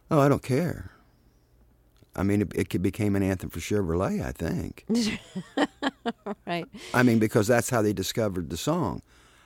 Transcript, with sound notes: Oh, I don't care. I mean, it became an anthem for Chevrolet, I think.
(Laughter) Right.
I mean, because that's how they discovered the song.